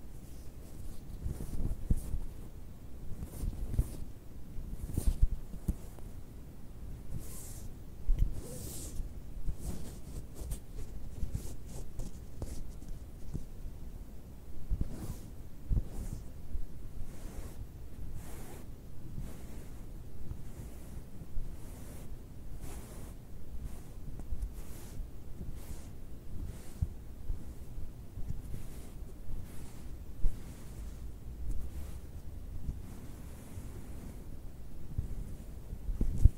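Fabric being rubbed and handled, with frequent soft rustles and brushing strokes throughout. The sound stays dense and fairly steady, with low muffled rumbles underneath and brighter, crisp swishes popping out every second or so, a few sharper ones near the start and end.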